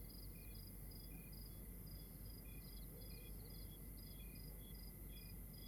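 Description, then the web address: Several crickets trade short chirps at different pitches, repeating a few times per second, against a steady low rumble. Outdoors at night in Rwanda. "Monte Sound - Atmospheres of Rwanda AMB External Rwanda Night Crickets"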